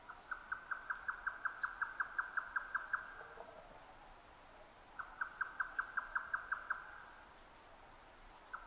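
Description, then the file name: Grey nightjar giving rapid chuck notes in two runs with a pause between, and a single note starting again at the very end. Recorded 12 June 2009 at 22:41. "yotaka-20090612-2241"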